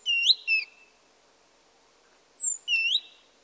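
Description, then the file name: Great tit calls: a short high phrase of thin, slurred whistled notes, then a second similar phrase after a pause. "Parus major"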